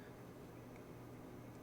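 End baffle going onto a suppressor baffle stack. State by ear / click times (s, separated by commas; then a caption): not seated / none. A short metal end baffle with a steering-wheel-like face is handled and lined up in the notch on a Dead Air Mask suppressor baffle stack, with only quiet handling and steady low background noise. It has not clicked into place yet.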